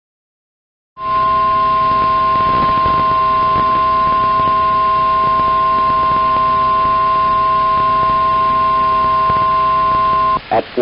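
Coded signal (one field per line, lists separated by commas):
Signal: Emergency Alert System (SAME) tones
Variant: 1050 Hz attention tone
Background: speech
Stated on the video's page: Real severe weather alerts with valid SAME headers.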